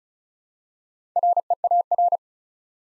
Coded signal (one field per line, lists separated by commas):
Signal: Morse code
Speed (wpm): 36 wpm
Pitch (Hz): 700 Hz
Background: none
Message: REAR